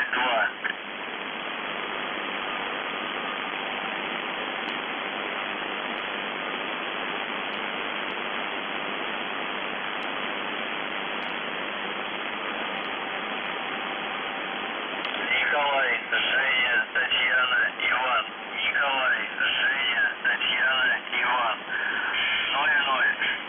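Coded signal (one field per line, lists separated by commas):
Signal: numbers station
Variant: UVB-76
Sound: long stretch of radio hiss, then a male voice reading a short message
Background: radio static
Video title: The Buzzer/UVB-76(4625Khz) April 22, 2021 Voice messages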